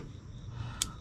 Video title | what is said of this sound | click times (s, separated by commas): Rugged Ridge Tail Lights - 2020 Jeep Gladiator | so push it in nice little click push that red lock in all right | 0.8 s